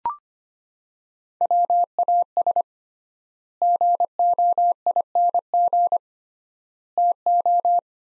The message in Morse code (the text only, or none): WAS GOING TO